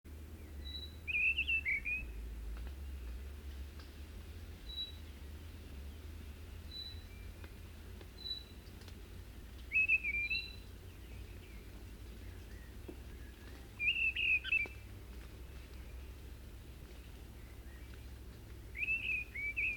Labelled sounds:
Mistle Thrush song

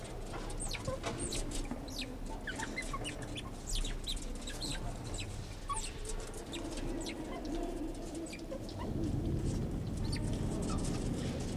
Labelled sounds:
Banded Mongoose call

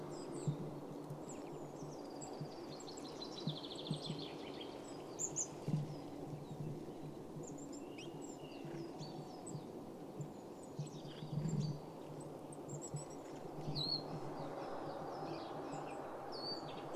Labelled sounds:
Marsh Tit call

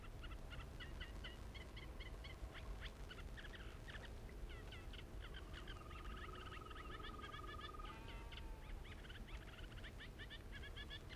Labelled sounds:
Green Toad call

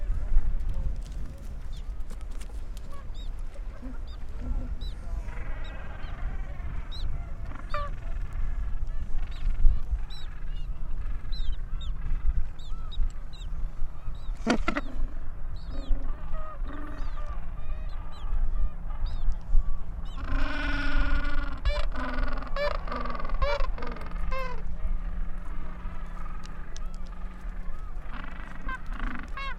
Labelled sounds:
Gentoo Penguin call

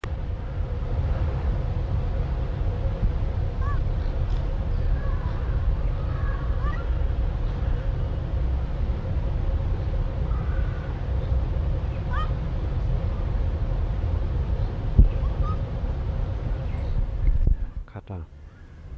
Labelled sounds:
Ring-tailed Lemur

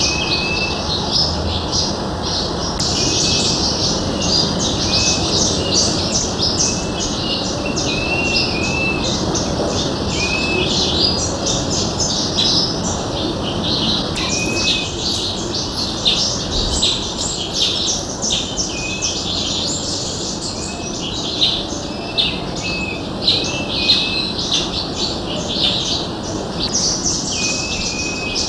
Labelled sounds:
Blue-naped Mousebird call

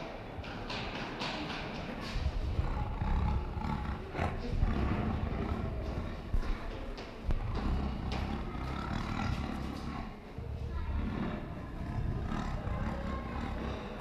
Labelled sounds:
Tiger growling

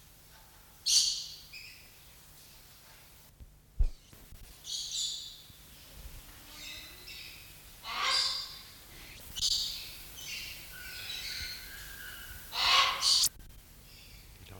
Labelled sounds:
Coconut Lorikeet

